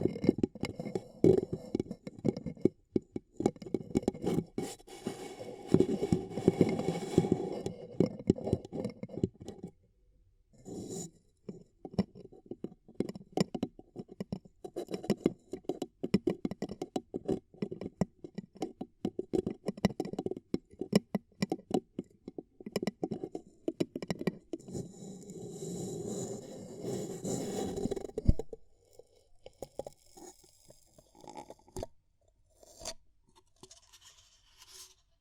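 Ear cupping sounds: dense, muffled rubbing and crackling pressed close, rising and falling in rapid bursts. The thick, low rustle runs with short pauses near 10 and 29 seconds, then thins to scattered soft taps and scrapes toward the end.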